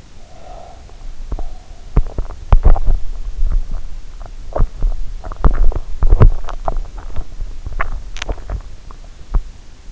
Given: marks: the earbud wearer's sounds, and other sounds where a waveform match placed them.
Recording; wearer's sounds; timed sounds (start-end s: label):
sounds in sleep by an in-ear microphone; breath, teeth grinding
0.00-1.04 s: breath
1.21-9.57 s: teeth grinding